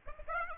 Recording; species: mosquito wingbeat signal from an infrared sensor; Aedes aegypti